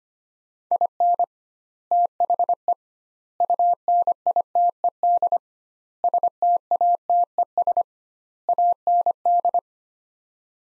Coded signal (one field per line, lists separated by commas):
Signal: Morse code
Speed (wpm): 25 wpm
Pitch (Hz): 700 Hz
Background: none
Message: IN THE UNITED STATES AND